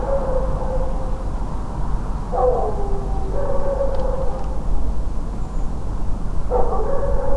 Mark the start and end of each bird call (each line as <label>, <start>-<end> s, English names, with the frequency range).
Redwing (6.4-7.5 kHz), 5.42-5.68 s